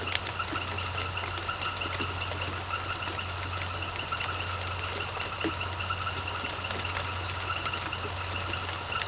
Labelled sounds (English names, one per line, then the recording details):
none
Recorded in secondary vegetation near Puerto Asís, Putumayo, Colombia, on 24 March 2025 at 18:30
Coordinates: 0.468, -76.324
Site G059